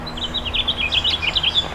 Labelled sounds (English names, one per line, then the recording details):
House Finch song
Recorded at Babylon on Long Island, New York, on 18 May 2013
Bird C